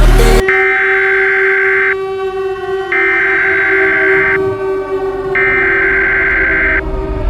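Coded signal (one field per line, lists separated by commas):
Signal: Emergency Alert System (SAME) tones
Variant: header bursts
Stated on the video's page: Fictional Emergency Alert System scenario, not a real broadcast.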